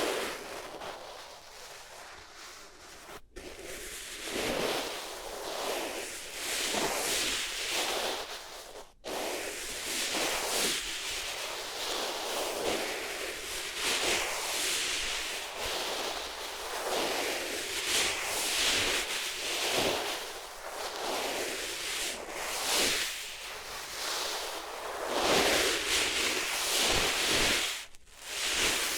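Rubbing against different materials makes a dense, scratchy hiss that swells and eases in a steady back-and-forth rhythm about once a second. The sound is mostly bright with little low end. Brief dead silences cut in near 3, 9 and 28 seconds.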